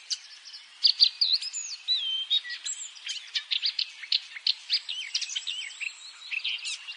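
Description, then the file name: Eurasian blackcap warble mixing slurred whistles with quick ticking chirps. "Sylvia atricapilla"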